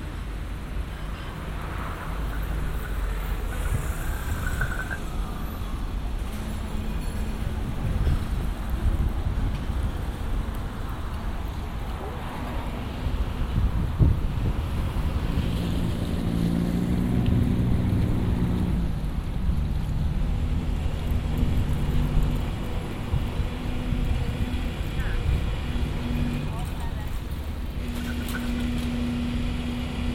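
Busy Amsterdam street sounds: a steady, dense rumble of traffic with engines and passing vehicles throughout. Voices come and go in the mix, and a low droning tone swells around the middle before settling back into the continuous city noise.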